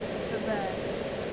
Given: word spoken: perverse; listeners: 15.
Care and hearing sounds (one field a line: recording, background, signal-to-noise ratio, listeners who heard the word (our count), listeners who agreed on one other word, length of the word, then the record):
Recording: one English word in noise, from a listening test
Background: speech-shaped noise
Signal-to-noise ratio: -5.1 dB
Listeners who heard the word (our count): 3 of 15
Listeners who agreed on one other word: 8 of 15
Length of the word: 0.93 s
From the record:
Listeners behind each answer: 8, 3, 3, 1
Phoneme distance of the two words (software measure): 20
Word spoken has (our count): 2 syllables, 5 phonemes, stress on syllable 2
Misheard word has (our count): 2 syllables, 5 phonemes, stress on syllable 2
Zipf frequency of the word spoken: 3.13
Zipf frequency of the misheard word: 4.15